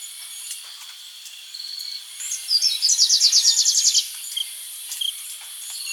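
Variable sunbird song: a single fast, high-pitched trill lasting nearly two seconds, with a few scattered thin notes before and after against a constant high hiss.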